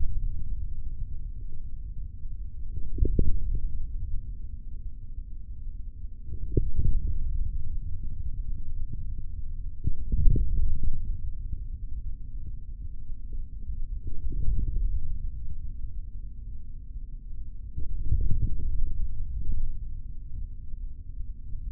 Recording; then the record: forearm muscle sounds (acoustic myography)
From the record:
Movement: forearm pronation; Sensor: system 3, bracelet of six PUI Audio POM-2738L microphones around the upper forearm, with dedicated amplification and filtering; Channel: 1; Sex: male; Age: 23 years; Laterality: right